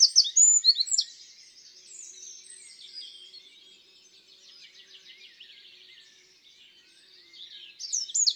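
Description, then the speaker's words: Eurasian Wren song, a loud burst of high notes at the start, then a faint, fast trilling passage, with louder notes returning at the end. Long, strident song phrase. "La strophe du troglodyte est longue et son chant strident."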